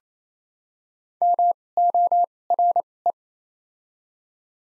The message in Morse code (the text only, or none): M O R E